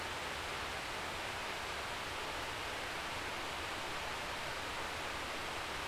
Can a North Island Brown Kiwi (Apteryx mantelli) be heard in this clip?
no